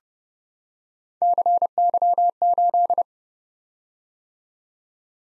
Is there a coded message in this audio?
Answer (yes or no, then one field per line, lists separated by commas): yes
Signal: Morse code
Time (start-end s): 1.2-3.0 s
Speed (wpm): 30 wpm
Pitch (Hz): 700 Hz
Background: none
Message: CY8